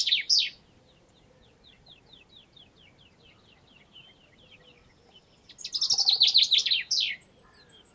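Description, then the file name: Common chaffinch song: the tail of one phrase, then after a quiet gap full of faint, rapid notes, a loud descending trill with a closing flourish, followed by a thin high whistle. "Fringilla coelebs"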